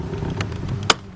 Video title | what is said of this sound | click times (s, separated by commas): 2010-2018 Toyota 4Runner Right Front Door Lock Actuator Replacement | around that way you're not bending that cable in any kind of way push that until it snaps into place | 0.9 s